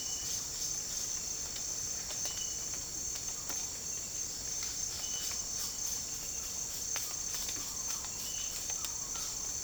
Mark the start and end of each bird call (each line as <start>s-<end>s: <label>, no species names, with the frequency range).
6.68s-9.36s: bird call (0.6-2.3 kHz)